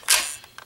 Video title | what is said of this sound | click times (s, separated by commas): Henshin Brace ToQChanger [Ressha Sentai ToQger] | like that and then when it clicks into place it's not going to come out at all | 0.1 s